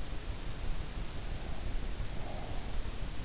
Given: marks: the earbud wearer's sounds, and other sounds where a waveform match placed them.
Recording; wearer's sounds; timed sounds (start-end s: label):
sounds in sleep by an in-ear microphone; breath
1.50-3.23 s: breath